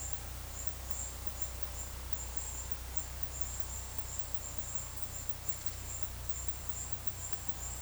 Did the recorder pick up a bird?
no